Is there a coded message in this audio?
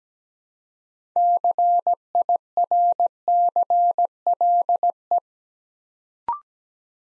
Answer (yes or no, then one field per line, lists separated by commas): yes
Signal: Morse code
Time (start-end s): 1.2-5.2 s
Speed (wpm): 17 wpm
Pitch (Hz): 700 Hz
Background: none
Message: CIRCLE